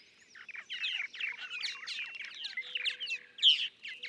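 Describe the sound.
Purple martin song: continuous throaty chatter of gurgles and squeaky notes, with a sharper, louder note near the end.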